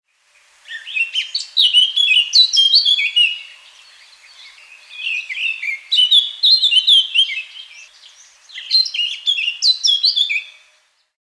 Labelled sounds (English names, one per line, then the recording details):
Eurasian Blackcap
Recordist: Tembrock, Günter
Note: Gesang